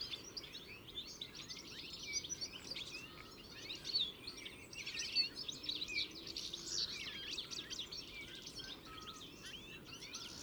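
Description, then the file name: European goldfinch twittering, a steady stream of quick, tinkling high chirps and trills tumbling over one another, with faint steady background noise. "Carduelis carduelis"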